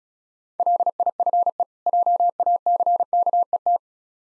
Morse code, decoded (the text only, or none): LIFE JACKET